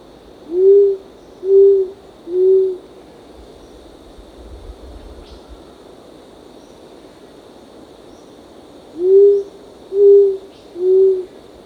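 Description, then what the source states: Short-toed coucal giving two groups of three low hoots separated by a long quiet gap. Recorded on 1 April 2006.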